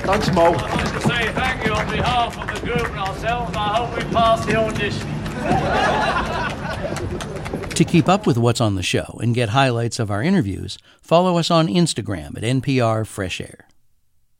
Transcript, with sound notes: I'd like to say thank you on behalf of the group and ourselves, and I hope we've passed the audition.
(LAUGHTER)
To keep up with what's on the show and get highlights of our interviews, follow us on Instagram at @NPRFreshAir.